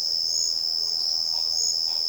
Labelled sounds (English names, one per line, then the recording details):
none
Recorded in secondary vegetation near Puerto Asís, Putumayo, Colombia, on 12 March 2025 at 10:30
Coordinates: 0.488, -76.319
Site G095